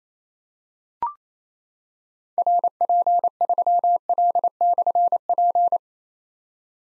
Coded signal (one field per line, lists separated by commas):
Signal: Morse code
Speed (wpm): 29 wpm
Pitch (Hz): 700 Hz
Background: none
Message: RP3L/P